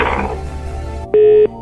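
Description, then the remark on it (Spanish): A phone call cuts off: a second of muffled line noise ends abruptly, then a loud, steady, mid-pitched electronic tone sounds once for about a third of a second before stopping. “Te estoy hablando, no me cuelgues el teléfono.”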